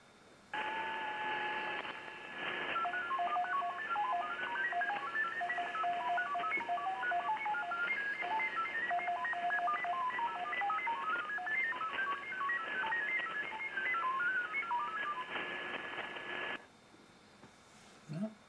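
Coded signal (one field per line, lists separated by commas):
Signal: FT8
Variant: SuperFox mode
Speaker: busy. Don't have him yet.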